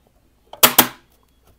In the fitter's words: did you hear the click guys so yeah